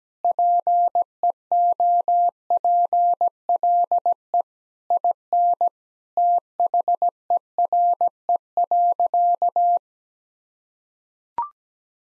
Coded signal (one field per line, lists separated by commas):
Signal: Morse code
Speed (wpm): 17 wpm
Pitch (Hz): 700 Hz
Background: none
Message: PEOPLE IN THERE.